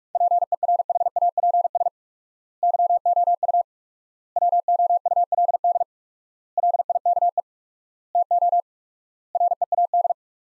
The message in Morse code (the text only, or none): PERHAPS YOU WOULD LIKE TO READ